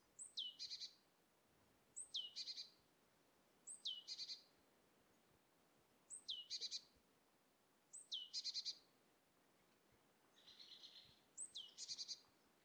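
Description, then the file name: Great tit calls: a high down-slurred whistle running straight into a short buzzy chatter, the phrase repeated about every two seconds over a faint hiss. "Parus major"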